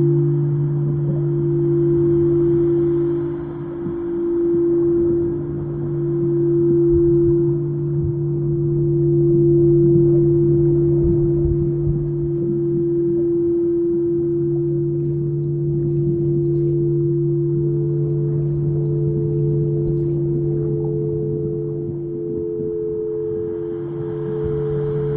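Singing bowls hum in long, steady low tones with a brighter ring above, over a dense rumbling wash that swells gently throughout.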